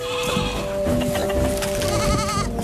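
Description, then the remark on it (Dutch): Goats bleat in overlapping, wavering cries over a busy farmyard din on a farm with chickens and pigs, with a steady high tone running underneath and no one speaking. “We komen langs de geiten en de kippen en de varkens.”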